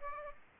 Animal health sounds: mosquito wingbeat signal from an infrared sensor; Aedes aegypti

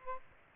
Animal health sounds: mosquito wingbeat signal from an infrared sensor; Aedes aegypti

